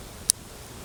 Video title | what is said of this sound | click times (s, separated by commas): Portable handwashing setup for Forest School using the Andy Handy Tap | and locks in place | 0.3 s